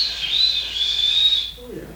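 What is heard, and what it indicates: Steady high-pitched whistling tone for about 1.5 seconds, imitating the ringing in the ears of tinnitus, then a brief voice.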